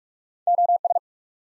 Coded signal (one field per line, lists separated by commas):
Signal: Morse code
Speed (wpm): 44 wpm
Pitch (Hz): 700 Hz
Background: none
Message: O S